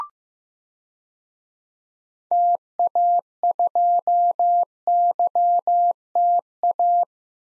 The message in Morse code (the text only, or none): TA2YTA